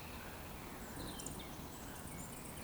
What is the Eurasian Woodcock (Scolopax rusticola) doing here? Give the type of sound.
whistle